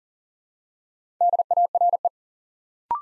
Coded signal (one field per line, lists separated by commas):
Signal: Morse code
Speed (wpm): 39 wpm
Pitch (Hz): 700 Hz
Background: none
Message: DARE